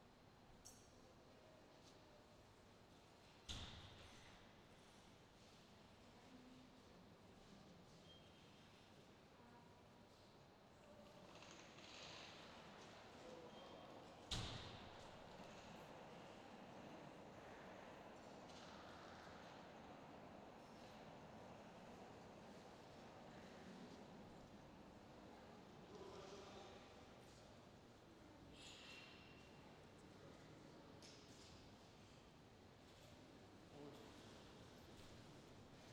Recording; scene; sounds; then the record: everyday scene through a hearing-aid microphone; reverberant space; background noise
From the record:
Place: railway station hall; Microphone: in the ear canal, left